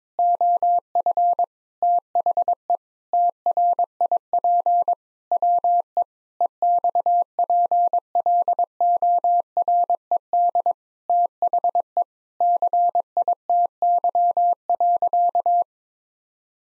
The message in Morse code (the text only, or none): OF THE TRIP WE EXPLORED THE CITY.